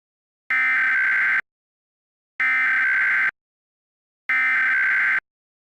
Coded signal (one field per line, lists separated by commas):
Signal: Emergency Alert System (SAME) tones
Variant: header bursts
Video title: EAS re-creation: National Periodic Test 2017